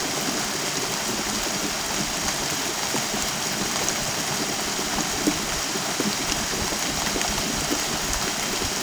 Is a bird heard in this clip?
no